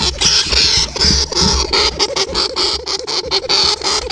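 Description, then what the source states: Hamster scratching with quick irregular clicking and scraping in rapid bursts, plus a soft high whine underneath. Hamster inside a jar.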